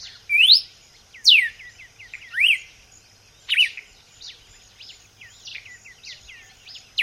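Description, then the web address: Red-cowled cardinal song of several loud whistled sweeps, then softer twittering, all over a continuous high insect hum. "vocs paroaria dominicana"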